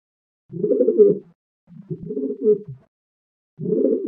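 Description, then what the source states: Feral Pigeon cooing, low muffled rolling coos in three bursts, separated by short pauses, the last cut off. Quiz option No. 1, described as the feral pigeon commonly seen in everyday life; the sound is slightly muffled.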